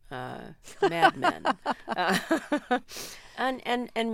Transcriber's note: laughter